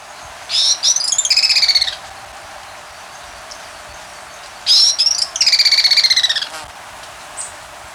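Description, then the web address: White-banded tyrannulet with two bursts of sharp, high chattering notes that run into a rapid, descending series, separated by a few seconds of quiet hiss. Recorded in Ecuador. "S America Birds of Ecuador. White-Banded Tyrannulet"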